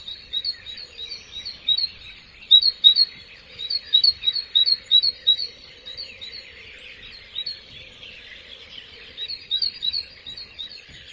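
Birds giving quick, thin, high chirps in uneven clusters, several per second at times, over a faint steady hum.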